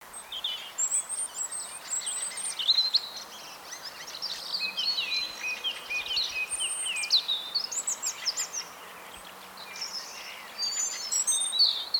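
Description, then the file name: European robin song: long, varied streams of high, thin warbling and sliding whistles, pausing briefly before resuming, over continuous faint background noise. "Erithacus rubecula"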